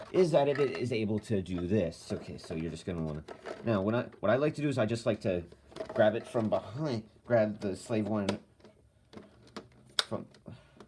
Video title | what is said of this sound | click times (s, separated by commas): Star Wars Vintage Collection Slave I review | there we go and then the wings will just move up and click into place | 10.0 s